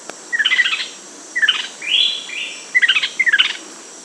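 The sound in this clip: Bird chirping: quick bursts of bright, descending chirps, broken by a longer, smoother note in the middle, over a steady faint hiss.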